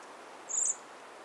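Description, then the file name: Eurasian blackbird call, a single brief, very high and thin seee note lasting about a quarter second, over a faint steady background hiss. "Turdus merula"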